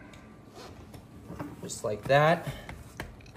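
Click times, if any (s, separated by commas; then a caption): none. A plastic wheel assembly is handled at the socket at the bottom of a leg on a Raynesys collapsible wagon frame while someone talks. Faint knocks and short ticks are heard, with a sharper tick near 3.0 s. The wheel has not yet snapped into the socket and nothing has seated.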